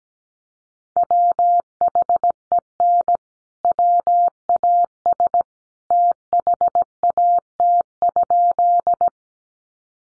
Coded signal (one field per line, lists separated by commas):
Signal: Morse code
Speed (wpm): 17 wpm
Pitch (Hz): 700 Hz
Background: none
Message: WHEN WAS THAT?